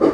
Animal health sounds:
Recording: pig call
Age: growing-finishing pig (85 days or more)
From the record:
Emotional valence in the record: positive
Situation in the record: run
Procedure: transit

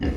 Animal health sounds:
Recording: pig call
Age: growing-finishing pig (85 days or more)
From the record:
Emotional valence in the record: negative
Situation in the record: barren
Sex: female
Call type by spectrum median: low-frequency call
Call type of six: low-frequency stable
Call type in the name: low-frequency stable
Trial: 4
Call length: 0.17 s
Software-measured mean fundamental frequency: 47 Hz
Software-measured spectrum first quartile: 85 Hz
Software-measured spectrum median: 224 Hz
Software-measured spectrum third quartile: 448 Hz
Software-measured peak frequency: 281 Hz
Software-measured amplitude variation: 102 dB a second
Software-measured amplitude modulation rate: 11.6 a second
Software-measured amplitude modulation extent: 8.8 dB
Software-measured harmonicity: -0.2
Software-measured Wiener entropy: -0.77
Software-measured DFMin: 1031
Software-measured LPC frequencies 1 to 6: 1830, 2845, 4181, 4933, 5724, 6522 Hz

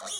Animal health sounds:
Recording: pig call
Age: piglet (1 to 25 days)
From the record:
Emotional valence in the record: negative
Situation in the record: short isolation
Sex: male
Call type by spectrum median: high-frequency call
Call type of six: mixed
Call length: 0.20 s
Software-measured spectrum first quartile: 2455 Hz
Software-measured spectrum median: 4803 Hz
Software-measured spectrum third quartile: 7447 Hz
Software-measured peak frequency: 3334 Hz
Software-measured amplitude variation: 74 dB a second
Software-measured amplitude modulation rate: 22.2 a second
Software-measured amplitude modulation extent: 3.3 dB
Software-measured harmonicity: 4.6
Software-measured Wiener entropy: -2.18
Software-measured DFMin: 905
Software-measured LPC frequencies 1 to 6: 731, 1376, 3302, 5681, 6781, 8203 Hz

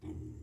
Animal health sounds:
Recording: pig call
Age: weaner (32 to 43 days)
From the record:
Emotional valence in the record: negative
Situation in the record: negative conditioning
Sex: female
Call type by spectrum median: low-frequency call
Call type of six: low-frequency stable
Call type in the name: low-frequency stable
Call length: 0.43 s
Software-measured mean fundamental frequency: 40 Hz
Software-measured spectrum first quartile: 95 Hz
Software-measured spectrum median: 191 Hz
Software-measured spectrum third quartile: 339 Hz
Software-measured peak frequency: 93 Hz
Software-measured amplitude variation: 177 dB a second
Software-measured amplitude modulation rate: 27.7 a second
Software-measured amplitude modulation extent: 6.4 dB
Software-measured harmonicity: 1.6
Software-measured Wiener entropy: 0.79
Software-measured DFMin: 942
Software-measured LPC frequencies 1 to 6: 302, 2161, 3066, 3489, 4978, 6241 Hz

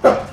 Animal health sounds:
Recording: pig call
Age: growing-finishing pig (85 days or more)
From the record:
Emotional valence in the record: positive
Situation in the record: run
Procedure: transit

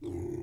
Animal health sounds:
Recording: pig call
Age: weaner (32 to 43 days)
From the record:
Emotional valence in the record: positive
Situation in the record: positive conditioning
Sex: female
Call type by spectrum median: low-frequency call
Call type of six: low-frequency stable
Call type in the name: low-frequency stable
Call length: 0.43 s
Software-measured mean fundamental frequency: 71 Hz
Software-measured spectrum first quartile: 135 Hz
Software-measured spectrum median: 293 Hz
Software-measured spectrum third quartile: 372 Hz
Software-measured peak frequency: 338 Hz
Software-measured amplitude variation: 183 dB a second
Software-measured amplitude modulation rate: 30.4 a second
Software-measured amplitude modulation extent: 6.0 dB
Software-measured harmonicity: 4.1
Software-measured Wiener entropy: -0.07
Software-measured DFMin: 1079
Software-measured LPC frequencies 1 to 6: 340, 2055, 3462, 5049, 5742, 6542 Hz

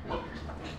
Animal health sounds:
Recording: pig call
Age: growing-finishing pig (85 days or more)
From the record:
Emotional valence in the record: positive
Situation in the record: run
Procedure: transit

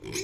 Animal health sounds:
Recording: pig call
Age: weaner (32 to 43 days)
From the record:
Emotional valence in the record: negative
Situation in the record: novel object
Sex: female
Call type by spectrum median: high-frequency call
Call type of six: mixed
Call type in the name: high-frequency modulated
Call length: 0.24 s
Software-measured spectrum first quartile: 479 Hz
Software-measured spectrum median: 2348 Hz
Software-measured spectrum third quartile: 5671 Hz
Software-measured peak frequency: 372 Hz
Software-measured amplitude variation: 138 dB a second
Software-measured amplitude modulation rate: 18.9 a second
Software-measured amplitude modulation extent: 7.3 dB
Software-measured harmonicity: 3.6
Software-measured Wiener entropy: -2.91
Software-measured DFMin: 940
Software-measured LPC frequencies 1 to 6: 389, 2330, 3253, 4067, 5127, 6375 Hz

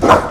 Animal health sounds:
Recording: pig call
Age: growing-finishing pig (85 days or more)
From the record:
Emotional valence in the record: positive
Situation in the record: run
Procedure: transit

